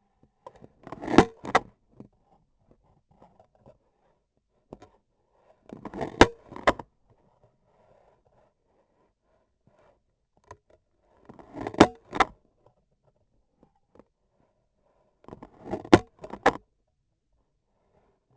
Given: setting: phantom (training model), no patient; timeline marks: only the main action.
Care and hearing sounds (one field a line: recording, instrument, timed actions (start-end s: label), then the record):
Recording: laparoscopic instrument, vibration sensor on the handle end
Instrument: scissors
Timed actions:
0.69-1.41 s: cutting foam
5.45-6.39 s: cutting foam
10.98-12.03 s: cutting foam
15.10-16.18 s: cutting foam
From the record:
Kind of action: gesture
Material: foam